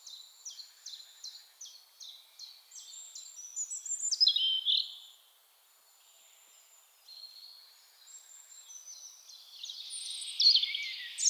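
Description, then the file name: European robin, high thin notes repeated rapidly in a series, then a louder twittering phrase, a short pause, and more high, varied notes near the end. "Erithacus rubecula"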